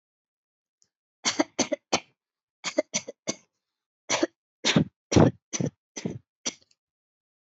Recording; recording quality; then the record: shallow voluntary cough; excellent, no background noise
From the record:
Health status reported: healthy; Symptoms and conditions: none ticked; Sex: female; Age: 36 years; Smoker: not ticked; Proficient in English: yes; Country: India